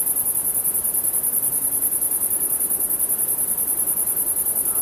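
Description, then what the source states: Insects calling with a continuous piercing trill of rapid, regular pulses, unbroken from start to finish, above a low, quiet hiss. Insects calling at night.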